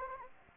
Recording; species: mosquito wingbeat signal from an infrared sensor; Anopheles gambiae